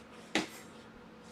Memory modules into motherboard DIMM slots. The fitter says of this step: now they are